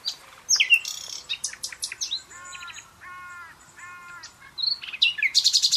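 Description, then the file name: Common nightingale song: a complex phrase of sharp high notes, repeated slurred mid-pitched notes in groups, and a closing fast high trill. "Luscinia megarhynchos"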